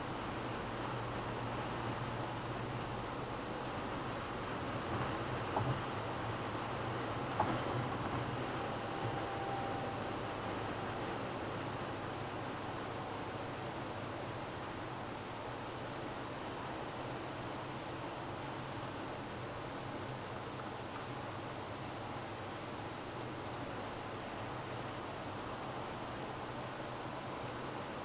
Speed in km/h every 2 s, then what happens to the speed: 125, 123, 120, 117, 116, 114, 109, 110, 109, 109, 107, 106, 107, 109.
0-12 slows to 109. 12-28 steady at about 109.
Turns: none.